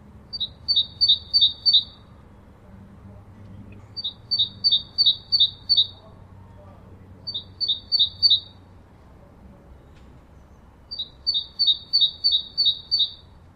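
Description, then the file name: Great tit singing in several bouts of rapid two-note 'teacher' phrases, high then slightly lower, separated by pauses of a couple of seconds; soft low rumble underneath. "Parus major"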